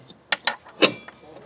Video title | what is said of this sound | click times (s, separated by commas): Yaesu FTM 500D | and it locks in place | 0.3 s, 0.5 s